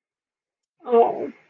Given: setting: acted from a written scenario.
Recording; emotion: vocal sound without words; sympathy